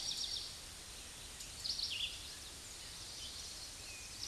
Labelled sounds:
Red-eyed Vireo (Vireo olivaceus) song
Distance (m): 35 m
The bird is about 15 m above the microphone
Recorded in a Pennsylvania forest on 16 May 2024 at 08:01
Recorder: AudioMoth, point MSD-2257
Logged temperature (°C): 16.0 °C
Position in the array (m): 171 m, 139 m

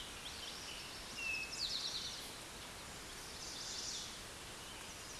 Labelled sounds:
Eastern Towhee (Pipilo erythrophthalmus) song
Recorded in a Pennsylvania forest on 16 May 2024 at 09:54
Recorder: AudioMoth, point MSD-1368
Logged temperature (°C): 12.5 °C
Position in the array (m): 2 m, 44 m

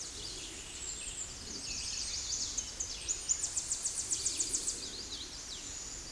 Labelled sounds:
Tennessee Warbler (Leiothlypis peregrina) song
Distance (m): 30 m
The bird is about 25 m above the microphone
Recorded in a Pennsylvania forest on 16 May 2024 at 09:57
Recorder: AudioMoth, point MSD-1293
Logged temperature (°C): 12.0 °C
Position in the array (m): 65 m, 168 m

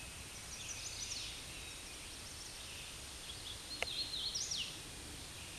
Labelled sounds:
Hooded Warbler (Setophaga citrina) song
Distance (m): 35 m
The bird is about 15 m above the microphone
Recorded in a Pennsylvania forest on 16 May 2024 at 09:40
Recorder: AudioMoth, point MSD-2163
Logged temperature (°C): 16.1 °C
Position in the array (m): 148 m, 129 m

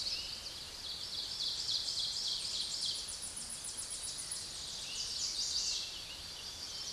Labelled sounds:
Ovenbird (Seiurus aurocapilla) song
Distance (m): 25 m
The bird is about 5 m above the microphone
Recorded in a Pennsylvania forest on 16 May 2024 at 06:07
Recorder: AudioMoth, point MSD-1534
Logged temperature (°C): 15.6 °C
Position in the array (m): 65 m, 11 m

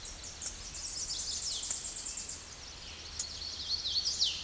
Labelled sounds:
Tennessee Warbler (Leiothlypis peregrina) song
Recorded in a Pennsylvania forest on 16 May 2024 at 08:04
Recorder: AudioMoth, point MSD-2181
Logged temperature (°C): 12.8 °C
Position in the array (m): 89 m, 97 m

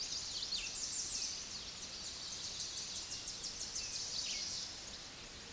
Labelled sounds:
American Redstart (Setophaga ruticilla) song
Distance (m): 30 m
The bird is about 5 m above the microphone
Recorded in a Pennsylvania forest on 16 May 2024 at 06:30
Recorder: AudioMoth, point MSD-2367
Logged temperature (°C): 16.0 °C
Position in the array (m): 111 m, 239 m

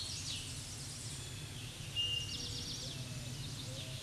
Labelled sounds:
Eastern Towhee (Pipilo erythrophthalmus) song
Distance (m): 45 m
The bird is about 5 m above the microphone
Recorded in a Pennsylvania forest on 16 May 2024 at 07:37
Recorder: AudioMoth, point MSD-1482
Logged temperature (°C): 15.6 °C
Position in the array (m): 181 m, 181 m

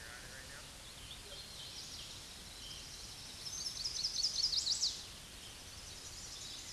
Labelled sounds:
Chestnut-sided Warbler (Setophaga pensylvanica) song
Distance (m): 45 m
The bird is about 20 m above the microphone
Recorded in a Pennsylvania forest on 16 May 2024 at 09:21
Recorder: AudioMoth, point MSD-2429
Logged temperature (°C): 16.7 °C
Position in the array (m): 66 m, 62 m

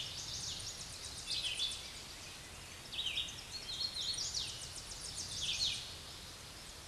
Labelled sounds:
Hooded Warbler (Setophaga citrina) song
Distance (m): 45 m
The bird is about 15 m above the microphone
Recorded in a Pennsylvania forest on 16 May 2024 at 07:17
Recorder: AudioMoth, point MSD-2258
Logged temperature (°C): 15.2 °C
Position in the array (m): 134 m, 114 m

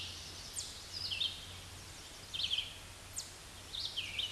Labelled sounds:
Red-eyed Vireo (Vireo olivaceus) song
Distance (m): 20 m
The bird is about 10 m above the microphone
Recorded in a Pennsylvania forest on 16 May 2024 at 08:19
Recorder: AudioMoth, point MSD-2258
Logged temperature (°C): 15.2 °C
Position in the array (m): 159 m, 66 m

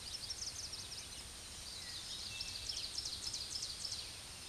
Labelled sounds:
Ovenbird (Seiurus aurocapilla) song
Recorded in a Pennsylvania forest on 16 May 2024 at 06:45
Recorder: AudioMoth, point MSD-0665
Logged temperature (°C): 16.1 °C
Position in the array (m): 81 m, 26 m

